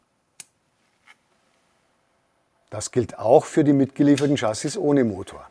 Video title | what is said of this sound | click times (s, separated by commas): Mini-Lego-Eisenbahn mit Spur Z Shorty Antrieb r=45mm + Unboxing Rokuhan NEX-Modelleisenbahn-Startset | They must be pushed into the end of the bogies until they click into place. | 0.4 s